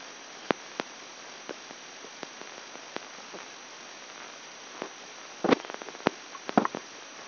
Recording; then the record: brain microelectrode recording played as sound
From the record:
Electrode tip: outside the subthalamic nucleus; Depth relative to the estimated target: -6 mm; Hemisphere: left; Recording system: AlphaMap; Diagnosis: Parkinson's disease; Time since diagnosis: 10 years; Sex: male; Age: 58 years